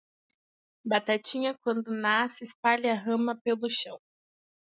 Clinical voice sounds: short text; Brazilian Portuguese; female; 18 to 19 years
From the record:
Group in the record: control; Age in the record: 18 years

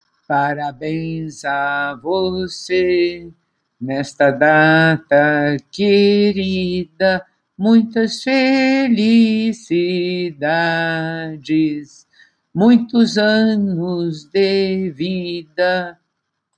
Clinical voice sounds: short text; Brazilian Portuguese; female; 70 to 79 years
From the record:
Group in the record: control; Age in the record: 70 years

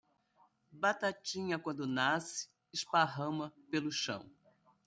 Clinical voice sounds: short text; Brazilian Portuguese; female; 60 to 69 years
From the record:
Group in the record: control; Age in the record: 67 years

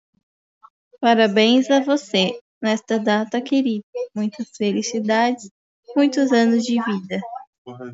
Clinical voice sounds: short text; Brazilian Portuguese; female; 20 to 29 years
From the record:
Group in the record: control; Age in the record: 21 years

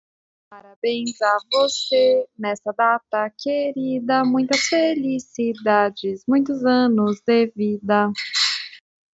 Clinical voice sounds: short text; Brazilian Portuguese; female; 30 to 39 years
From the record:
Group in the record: control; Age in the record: 31 years

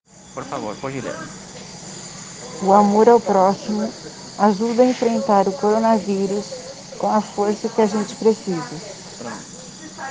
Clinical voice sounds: spoken sentence; Brazilian Portuguese; female; 50 to 59 years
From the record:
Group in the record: respiratory insufficiency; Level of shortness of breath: 5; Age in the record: 59 years

